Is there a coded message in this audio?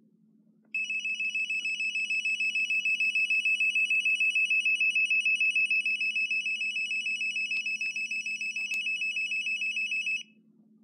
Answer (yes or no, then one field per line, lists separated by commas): no